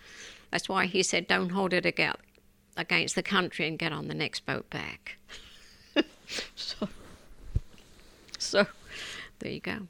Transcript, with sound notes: That's why he said, "Don't hold it against the country and get on the next boat back." ( she laughs ) So there you go.